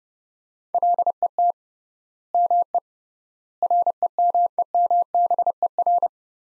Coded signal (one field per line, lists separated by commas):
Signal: Morse code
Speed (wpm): 30 wpm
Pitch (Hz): 700 Hz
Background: none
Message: LET ME REMEMBER